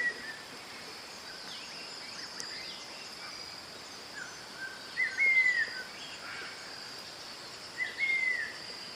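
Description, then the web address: Cinnamon Attila calls: two clear whistles, each briefly rising then slurring downward, about three seconds apart, over a steady high insect drone and faint background hiss. "sound Cinnamon-attila. صدای-پرنده-آتیلای-دارچینی"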